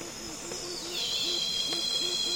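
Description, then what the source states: Cicada whine begins, sliding down and then holding a shrill steady tone, over a constant high drone and soft repeated low pulses. Loud cicadas calling on a calm afternoon in the Congo basin rainforest.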